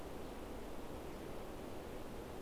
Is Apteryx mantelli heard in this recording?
no